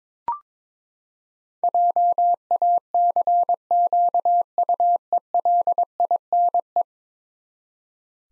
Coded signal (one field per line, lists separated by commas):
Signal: Morse code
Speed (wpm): 22 wpm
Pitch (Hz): 700 Hz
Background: none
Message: JACQUELINE